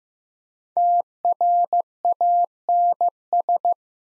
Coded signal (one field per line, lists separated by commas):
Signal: Morse code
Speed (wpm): 15 wpm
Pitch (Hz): 700 Hz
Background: none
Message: TRANS